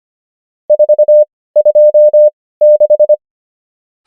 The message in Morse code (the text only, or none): 426